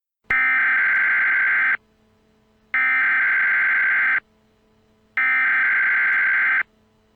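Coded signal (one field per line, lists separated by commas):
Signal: Emergency Alert System (SAME) tones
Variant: header bursts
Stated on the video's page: Fictional nuclear attack scenario made for fun; tones may or may not be valid.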